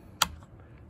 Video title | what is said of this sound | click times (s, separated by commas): Husqvarna 395XP | pops right in the hole and there it is | 0.2 s